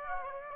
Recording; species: mosquito wingbeat signal from an infrared sensor; Aedes aegypti